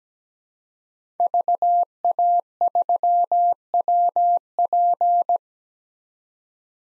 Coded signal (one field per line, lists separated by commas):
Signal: Morse code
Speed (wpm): 17 wpm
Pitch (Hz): 700 Hz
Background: none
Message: VA3WP